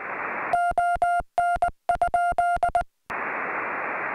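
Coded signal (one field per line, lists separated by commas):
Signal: Morse code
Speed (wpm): 19 wpm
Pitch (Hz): 700 Hz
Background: none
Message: ON?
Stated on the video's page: CW on a summit activation, Summits on the Air, after a PSK31 test made with a cell phone app.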